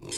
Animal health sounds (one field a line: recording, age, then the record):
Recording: pig call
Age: weaner (32 to 43 days)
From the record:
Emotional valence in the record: negative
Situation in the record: long isolation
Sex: female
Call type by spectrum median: high-frequency call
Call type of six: mixed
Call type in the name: high-frequency modulated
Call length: 0.18 s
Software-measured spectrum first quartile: 1274 Hz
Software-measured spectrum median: 4850 Hz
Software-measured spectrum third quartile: 7426 Hz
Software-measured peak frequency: 356 Hz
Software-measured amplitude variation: 144 dB a second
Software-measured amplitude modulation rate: 22.5 a second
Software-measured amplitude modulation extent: 6.4 dB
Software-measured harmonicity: -0.2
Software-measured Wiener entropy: -3.17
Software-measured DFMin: 748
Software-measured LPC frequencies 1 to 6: 2247, 3266, 4105, 5187, 6392, 7097 Hz